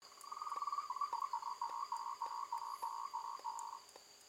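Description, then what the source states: Frog calling with a fast train of short pulsed notes, rapid at first then grouped into regular bursts about every third of a second, with a steady high tone in the background. Recorded on 2 March 2021 in the evening.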